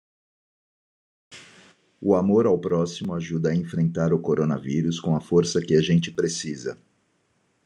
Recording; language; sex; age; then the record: spoken sentence; Brazilian Portuguese; male; 50 to 59 years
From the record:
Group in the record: control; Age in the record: 52 years